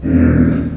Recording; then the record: squeal of a Yucatan mini pig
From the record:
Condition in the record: after surgery on the right vocal fold (resection and tissue-engineered implant); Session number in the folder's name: 7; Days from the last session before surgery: 47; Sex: female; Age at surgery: 19 weeks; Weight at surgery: 25 kg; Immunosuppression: prednisolone